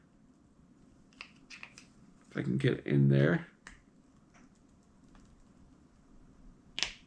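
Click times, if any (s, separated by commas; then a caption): 6.8 s. A wheel is pushed down and twisted onto the wheel hub of a small plastic antweight combat robot. Light handling clicks and someone talking come before a loud, sharp snap at 6.8 s as the wheel locks onto its mount and seats.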